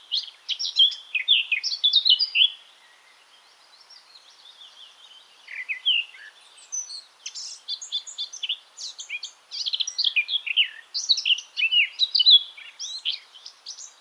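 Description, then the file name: Eurasian blackcap song: a short burst of fast warbling, a quiet gap with faint notes, then a long, lively warble of scratchy and clear notes. "Sylvia atricapilla"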